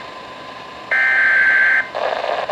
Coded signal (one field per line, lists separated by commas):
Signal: Emergency Alert System (SAME) tones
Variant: header bursts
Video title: Severe Thunderstorm Warning on KHA99 (EAS #1137)